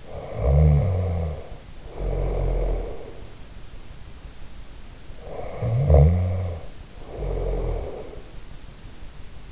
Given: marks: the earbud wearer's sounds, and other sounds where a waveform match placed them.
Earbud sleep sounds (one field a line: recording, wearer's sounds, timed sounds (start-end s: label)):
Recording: sounds in sleep by an in-ear microphone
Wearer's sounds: snoring breath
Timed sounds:
0.00-3.17 s: snoring breath
5.11-8.34 s: snoring breath